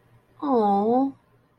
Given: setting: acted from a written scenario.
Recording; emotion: vocal sound without words; sympathy